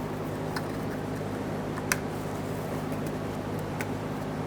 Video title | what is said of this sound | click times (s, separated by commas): How to Replace Fuel Tank Transfer Unit 2013-2020 Ford Fusion 2.0L L4 | we'll line this up press it in listen for a click double check make sure it's secure | 1.9 s